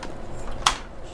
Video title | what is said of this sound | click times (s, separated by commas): Entry Level 2021 Gaming and Work From Home Rig l Step by step budget pc build para sa MASA!!! | yeah so that was the click and the next step is | 0.7 s